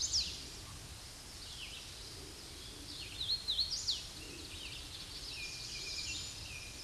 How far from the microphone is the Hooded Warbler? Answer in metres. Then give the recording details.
about 10 m. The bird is about 5 m above the microphone. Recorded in a Pennsylvania forest on 16 May 2024 at 07:36. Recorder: AudioMoth, point MSD-2208. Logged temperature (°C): 15.2 °C. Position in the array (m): 157 m, 89 m